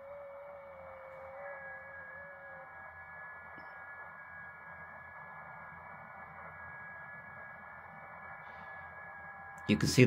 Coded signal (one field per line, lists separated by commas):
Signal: FT8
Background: speech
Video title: ATS120D , FT8 DECODE LIVE